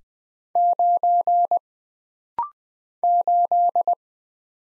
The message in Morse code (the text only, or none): 9 8